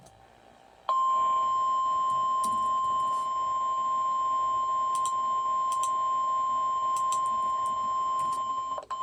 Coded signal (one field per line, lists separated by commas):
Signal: Emergency Alert System (SAME) tones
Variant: 1050 Hz attention tone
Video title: EAS #87- #107